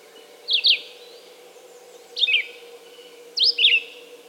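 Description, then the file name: Red-eyed vireo song: three short slurred whistled phrases, each a quick up-and-down warble, separated by pauses, over a steady low hum. "red-eyed vireo song by jonathon jongsma"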